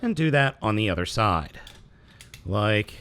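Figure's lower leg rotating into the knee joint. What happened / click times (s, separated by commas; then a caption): Handled, not yet home: no seating click yet / none. The lower leg of a MakeToys MTRM-10 Galaxy Meteor plastic transforming robot figure is pulled away from the knee and turned 180 degrees on the second side, while someone talks and faint handling noises are heard in the pause between words. The leg has not yet locked into the knee joint, and nothing has seated or clicked by the end of the clip.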